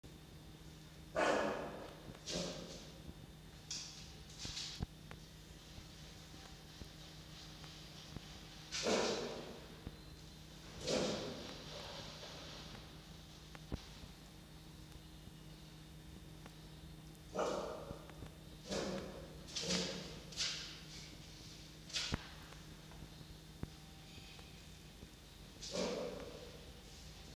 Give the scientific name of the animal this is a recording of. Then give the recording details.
Vulpes vulpes. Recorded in captivity. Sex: female. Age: juvenile. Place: Zoologisches Institut der HUB, Berlin, DE. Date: 1953-06-30 14:00. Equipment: Elmetra. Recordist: Tembrock, Günter. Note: (Hansel im Fuchszimmer); Fanny (beim Drohscharren): Bellen (rauh)